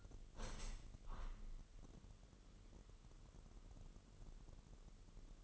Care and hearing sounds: daily activity, microphone in the room; open window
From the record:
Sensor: 4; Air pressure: 998.9 hPa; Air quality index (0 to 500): 127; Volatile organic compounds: 2 ppm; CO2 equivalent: 1248 ppm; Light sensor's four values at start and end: 8/20/8/8 and 8/20/8/8

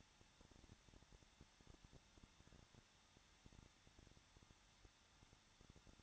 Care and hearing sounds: daily activity, microphone in the room; no activity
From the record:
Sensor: 3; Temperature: 21.2 degrees Celsius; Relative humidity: 36.4%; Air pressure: 1006.2 hPa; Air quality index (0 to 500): 222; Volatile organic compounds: 41 ppm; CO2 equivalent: 3171 ppm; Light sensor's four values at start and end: 2/3/2/2 and 2/3/2/2

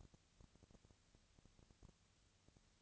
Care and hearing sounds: daily activity, microphone in the room; no activity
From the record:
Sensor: 3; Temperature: 20.6 degrees Celsius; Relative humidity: 35.7%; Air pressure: 998.8 hPa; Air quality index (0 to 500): 236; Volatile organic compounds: 71 ppm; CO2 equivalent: 3527 ppm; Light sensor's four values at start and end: 2/3/2/2 and 2/3/2/2

